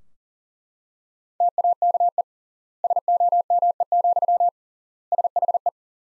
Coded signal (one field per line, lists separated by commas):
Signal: Morse code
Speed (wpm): 40 wpm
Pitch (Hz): 700 Hz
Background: none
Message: TAKE SOME, SHE